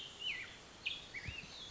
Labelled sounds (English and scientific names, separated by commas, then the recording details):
Black-headed Grosbeak (Pheucticus melanocephalus)
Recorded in Sonoma County, California